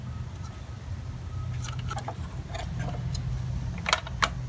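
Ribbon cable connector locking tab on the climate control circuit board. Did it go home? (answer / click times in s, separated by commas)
yes / 4.2 s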